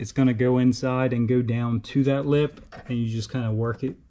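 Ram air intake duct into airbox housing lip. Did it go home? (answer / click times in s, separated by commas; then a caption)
no / none. A Banks ram air intake duct for a 2024 Duramax is pushed down inside the airbox housing to its lip and worked around it while someone talks throughout. Speech fills the clip, with no distinct handling transients. Nothing has seated or snapped into place yet.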